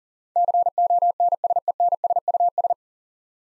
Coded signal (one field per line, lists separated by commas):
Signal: Morse code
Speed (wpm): 40 wpm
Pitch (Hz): 700 Hz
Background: none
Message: CONSENSUS